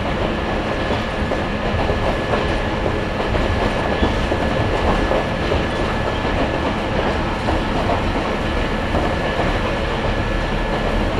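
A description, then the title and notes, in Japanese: A ride on a Sangi Railway Sangi Line train, its running noise a dense, steady rumble that holds one level throughout. A thin, constant whine sits above it, with faint clattering from the wheels woven through the roar. 三岐鉄道三岐線 西藤原→北勢中央公園口。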